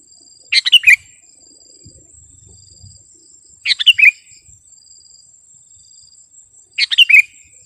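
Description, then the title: Sooty-headed bulbul singing brief chirpy, liquid phrases, three of them spaced roughly three seconds apart, with a continuous thin high-pitched tone behind. "kutilang"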